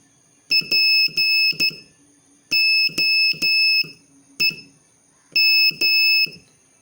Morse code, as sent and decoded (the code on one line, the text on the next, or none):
.--. --- . --
POEM